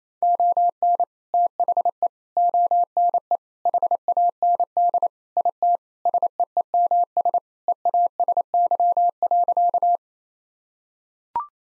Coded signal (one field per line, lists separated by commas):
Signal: Morse code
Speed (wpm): 28 wpm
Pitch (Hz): 700 Hz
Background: none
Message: ON THE ONE HAND IT SEEMS EASY.